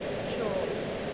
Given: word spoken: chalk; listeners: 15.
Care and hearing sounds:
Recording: one English word in noise, from a listening test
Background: speech-shaped noise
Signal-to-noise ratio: -4.2 dB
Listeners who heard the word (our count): 5 of 15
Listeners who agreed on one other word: 6 of 15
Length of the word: 0.74 s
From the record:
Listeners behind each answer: 6, 5, 1, 1, 1, 1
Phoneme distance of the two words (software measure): 20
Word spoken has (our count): 1 syllable, 3 phonemes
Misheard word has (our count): 1 syllable, 3 phonemes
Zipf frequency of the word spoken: 3.87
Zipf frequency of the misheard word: 5.13

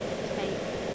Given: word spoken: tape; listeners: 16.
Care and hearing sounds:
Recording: one English word in noise, from a listening test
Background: speech-shaped noise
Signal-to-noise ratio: -5.7 dB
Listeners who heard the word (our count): 0 of 16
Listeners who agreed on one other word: 9 of 16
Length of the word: 0.54 s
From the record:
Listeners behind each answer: 9, 1, 1, 1, 1, 1, 1, 1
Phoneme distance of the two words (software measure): 10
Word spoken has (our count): 1 syllable, 3 phonemes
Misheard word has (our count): 1 syllable, 3 phonemes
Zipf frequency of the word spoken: 4.34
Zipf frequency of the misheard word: 6.08

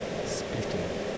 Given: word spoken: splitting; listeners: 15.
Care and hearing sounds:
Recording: one English word in noise, from a listening test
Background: speech-shaped noise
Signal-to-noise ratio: -4.9 dB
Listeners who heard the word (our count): 1 of 15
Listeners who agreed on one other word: 7 of 15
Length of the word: 0.78 s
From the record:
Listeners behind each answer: 7, 1, 1, 1, 1, 1, 1, 1, 1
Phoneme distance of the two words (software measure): 7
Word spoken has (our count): 2 syllables, 7 phonemes, stress on syllable 1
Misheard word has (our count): 2 syllables, 6 phonemes, stress on syllable 1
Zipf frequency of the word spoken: 3.69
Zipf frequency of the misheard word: 3.48

